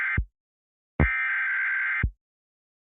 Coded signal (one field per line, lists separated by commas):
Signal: Emergency Alert System (SAME) tones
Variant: header bursts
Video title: Oregon RWT (Roku EAS Screen Template Test)